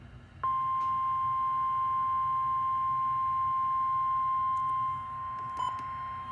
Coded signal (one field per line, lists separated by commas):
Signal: Emergency Alert System (SAME) tones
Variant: 1050 Hz attention tone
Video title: Special Marine Warning | EAS #157